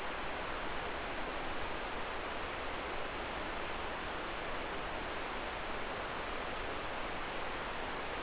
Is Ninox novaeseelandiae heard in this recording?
no